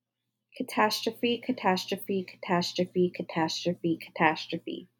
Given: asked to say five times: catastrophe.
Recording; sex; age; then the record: repeated word; female; 20 to 29 years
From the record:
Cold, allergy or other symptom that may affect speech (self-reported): no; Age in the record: 22 years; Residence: Washington, United States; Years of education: 16